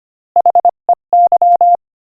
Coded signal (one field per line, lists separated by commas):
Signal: Morse code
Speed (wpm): 25 wpm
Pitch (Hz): 700 Hz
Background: none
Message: HEY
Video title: Morse Code Practice: 25 wpm Joke #15